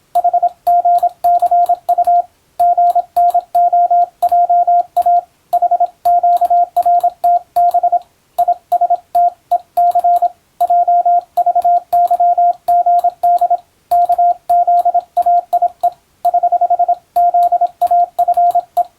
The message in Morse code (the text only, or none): HGCU GNOJA HQRTB ISTEC JVYGD KZAIE <HH> ZAFE